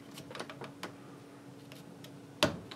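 A Glock 43 pistol magazine held in a vise has its factory polymer floor plate worked loose, with a few light ticks and taps at about 0.4 and 0.8 seconds over a steady low hum. At 2.4 seconds a sharp, loud snap rings out as the floor plate pops off the magazine body, followed by a small tick at 2.7 seconds.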